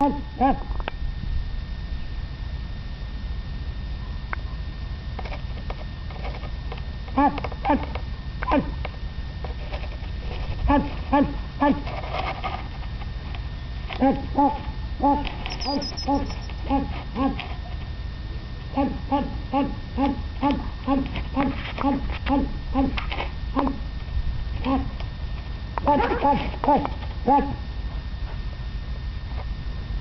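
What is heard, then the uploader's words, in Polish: A group of small hedgehogs makes short, squeaky, twittering calls in quick bursts, sparse at first and then coming in dense clusters from about seven seconds on. A steady low rumble runs underneath, with a faint thin whistle near fifteen seconds. Stado małych jeży.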